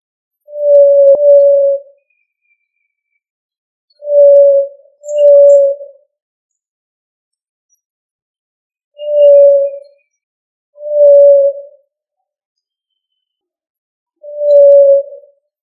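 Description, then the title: Pigeon cooing, six low, smooth, steady hoots about a second long, some paired, spaced irregularly over a silent background. "Columbidae Pomba"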